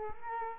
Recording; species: mosquito wingbeat signal from an infrared sensor; Culex quinquefasciatus